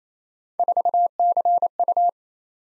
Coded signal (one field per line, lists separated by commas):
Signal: Morse code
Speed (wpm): 29 wpm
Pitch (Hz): 700 Hz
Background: none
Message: 4CU